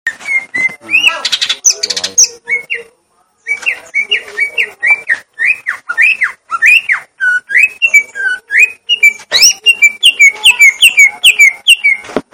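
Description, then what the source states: Leafbird singing a fast run of clear whistled notes mixed with harsh chattering, about two or three per second, with one brief pause. Song type called "gledek" (thunder); Indonesian name cucak ijo.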